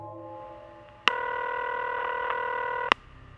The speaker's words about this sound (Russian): Будильник звонит, как обычно, в 6:30, да я, собственно, и не спала.